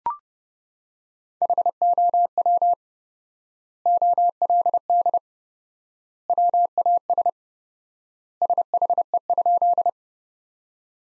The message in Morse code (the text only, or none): HOW OLD WAS SHE?